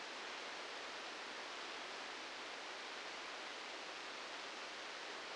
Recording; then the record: brain microelectrode recording played as sound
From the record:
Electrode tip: outside the subthalamic nucleus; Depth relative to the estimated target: 0 mm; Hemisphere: left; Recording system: NeuroSet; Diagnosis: Parkinson's disease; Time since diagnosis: 19 years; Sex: female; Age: 69 years